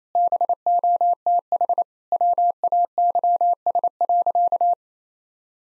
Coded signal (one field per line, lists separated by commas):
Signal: Morse code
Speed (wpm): 28 wpm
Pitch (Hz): 700 Hz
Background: none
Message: BOTH WAYS.